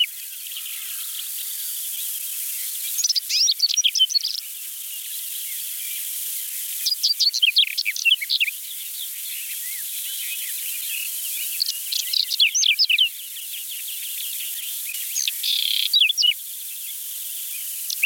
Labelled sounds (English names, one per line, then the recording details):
Whinchat song
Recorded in the wild
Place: Waltershofen / Freiburg im Breisgau, Baden-Württemberg, DE
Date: 1976-06-12
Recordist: Schwarz, Dieter
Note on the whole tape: Song